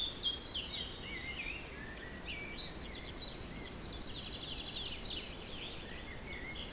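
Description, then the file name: Birds sing in a loose chorus of thin whistles and quick descending chirps, fairly soft, mixed with continuous wind noise. Forest in spring, windy weather of force 3 Beaufort, recorded at 1 pm. "Forest Spring Birds Windy 3 bft 1 pm"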